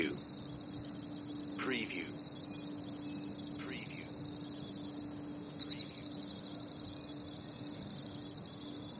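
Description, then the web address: Crickets chirping in a steady high-pitched rapid pulsing chorus, with a few brief faint sweeping calls and a short dip in the chorus. Night ambience. "the sound pack tree. night ambience with crickets"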